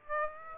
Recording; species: mosquito wingbeat signal from an infrared sensor; Aedes aegypti